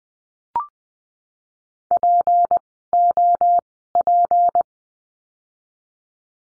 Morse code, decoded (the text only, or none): POP